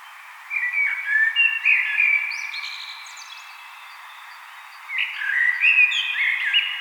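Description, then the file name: Common blackbird song: two rich, warbling flute-like phrases separated by a pause, each with high twittering notes. "Turdus merula"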